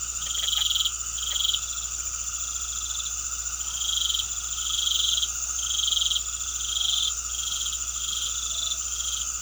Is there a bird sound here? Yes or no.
no